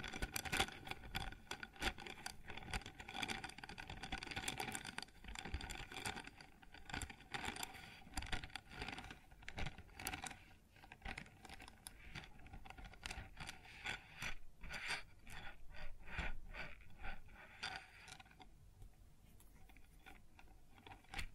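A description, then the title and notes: Sounds on a wooden surface: a dense, busy stream of scraping, rubbing and clattering that runs throughout with quick irregular knocks. Sharp taps stand out more clearly after about ten seconds, and the activity thins and quiets over the last few seconds. ASMR Sounds on Wooden Surface (No Talking).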